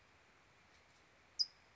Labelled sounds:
California Towhee (Melozone crissalis)
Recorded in Sonoma County, California

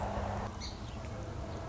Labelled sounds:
Song Sparrow (Melospiza melodia)
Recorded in Sonoma County, California

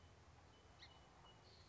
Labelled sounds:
Song Sparrow (Melospiza melodia)
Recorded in Sonoma County, California

